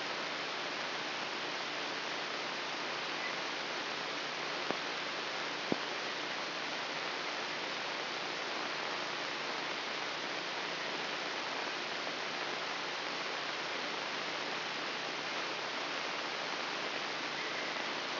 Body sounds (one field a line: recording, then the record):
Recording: brain microelectrode recording played as sound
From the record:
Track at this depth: inside the subthalamic nucleus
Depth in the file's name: 4.307 mm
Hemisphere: left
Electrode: 3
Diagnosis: Parkinson's disease